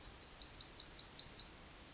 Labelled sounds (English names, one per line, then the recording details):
Yellowhammer song
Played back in forest
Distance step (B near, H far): D
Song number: 104